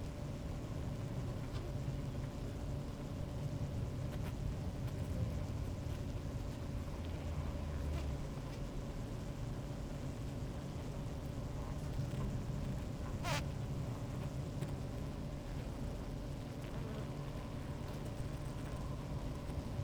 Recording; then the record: honeybee colony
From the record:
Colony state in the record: active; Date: 28 July 2017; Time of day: 16:00